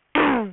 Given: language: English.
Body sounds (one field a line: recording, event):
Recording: throat vibration sensor signal played as sound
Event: throat clearing